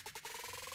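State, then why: Not seated. A new laser lens assembly is handled while being pushed down into a PlayStation disc drive mechanism, with steady music playing underneath as a series of repeating tones. Nothing has seated or clicked yet.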